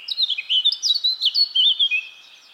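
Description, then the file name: Eurasian blackcap song: a rapid, rich warble of tumbling, fluty notes running on without a break for over two seconds. "Sylvia atricapilla"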